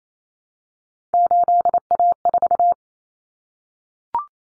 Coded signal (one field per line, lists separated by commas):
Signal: Morse code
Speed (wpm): 28 wpm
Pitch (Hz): 700 Hz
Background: none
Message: 8A4